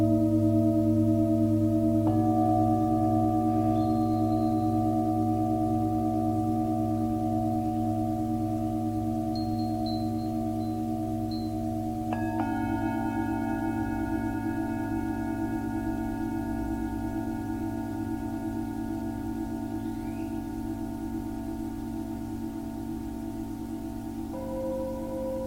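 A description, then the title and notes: A Tibetan singing bowl rings with long, steady overlapping tones, struck again near two and twelve seconds, with faint bird chirps behind. Tibetan Singiing Bowl のサウンドヒーリングチャンネル LIVE.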